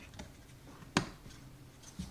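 A temperature sensor plug is pushed into the new heating pump of a dishwasher, which is being replaced because the old pump was defective, gave an E09 error and was not heating. A single sharp, loud click is heard at 1.0 s among faint handling noises. The connector snaps in and is confirmed seated.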